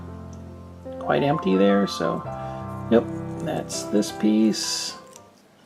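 A soft, rubbery plastic strap piece for a NECA Pan's Labyrinth Faun action figure is handled and fitted onto the figure while someone talks over faint background music. The part has not snapped in place yet, so no click is heard.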